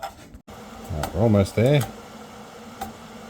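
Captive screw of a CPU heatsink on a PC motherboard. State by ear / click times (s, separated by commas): released / 2.8 s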